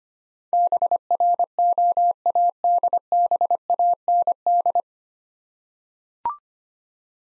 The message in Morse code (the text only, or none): BROADBAND